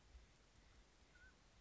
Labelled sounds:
Mountain Quail (Oreortyx pictus)

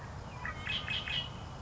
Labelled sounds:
Red-winged Blackbird (Agelaius phoeniceus)

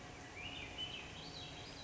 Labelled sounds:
Swainson's Thrush (Catharus ustulatus)

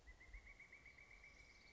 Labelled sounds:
Pileated Woodpecker (Dryocopus pileatus)

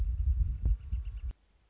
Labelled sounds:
Northern Flicker (Colaptes auratus)

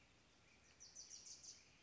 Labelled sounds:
Wilson's Warbler (Cardellina pusilla)

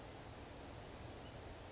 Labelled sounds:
Western Flycatcher (Empidonax difficilis)

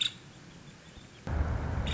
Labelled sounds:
Nuttall's Woodpecker (Dryobates nuttallii)

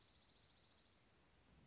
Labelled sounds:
Dark-eyed Junco (Junco hyemalis)

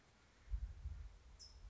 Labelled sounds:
California Towhee (Melozone crissalis)

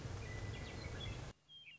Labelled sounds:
Western Meadowlark (Sturnella neglecta)

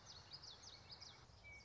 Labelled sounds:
Common Yellowthroat (Geothlypis trichas)

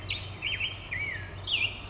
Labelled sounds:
Black-headed Grosbeak (Pheucticus melanocephalus)

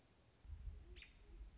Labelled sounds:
American Robin (Turdus migratorius)

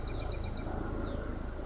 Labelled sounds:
Bewick's Wren (Thryomanes bewickii)

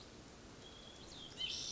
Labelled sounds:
White-breasted Nuthatch (Sitta carolinensis)

